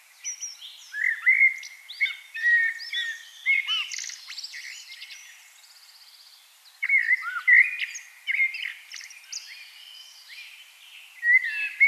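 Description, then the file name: Common blackbird delivering a long warbling phrase of whistles and twitters, then several shorter bursts after a pause. "Turdus merula"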